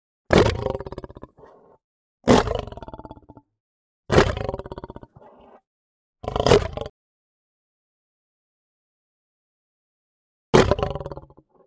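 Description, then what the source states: Lion snarling: five harsh, growling bursts, four coming about every two seconds, then a pause before a final snarl near the end, each trailing into a rough rumble. Aggressive, short, hard snarl.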